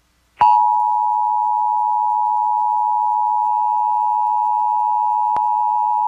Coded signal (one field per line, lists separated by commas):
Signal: Emergency Alert System (SAME) tones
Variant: 853 and 960 Hz attention tone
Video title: 911 Telephone Outage Emergency (12/14/22)(EAS 1303)